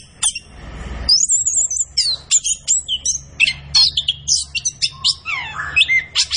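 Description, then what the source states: Orange-headed thrush song: a rapid, varied run of high whistles, sharp chips and slurred notes, each phrase short and quickly followed by the next, after a brief hiss at the start. Bird singing vigorously and continuously (gacor); used to train songbirds in Indonesian songbird keeping.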